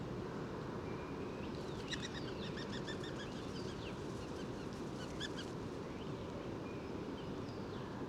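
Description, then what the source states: Stock dove wing whistling: two bursts of rapid, pulsed, ringing whistles over strong, steady low background noise. Small gathering of 5-6 stock doves, a woodland pigeon nesting in woodpecker holes, often in pairs; wing whistling heard in the Bois de Vincennes on 1 January.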